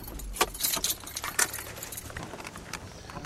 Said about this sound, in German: Im Laderaum klappern Getränkekisten.